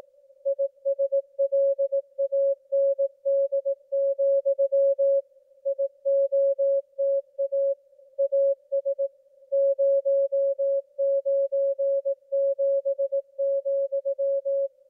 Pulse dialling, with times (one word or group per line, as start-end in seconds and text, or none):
none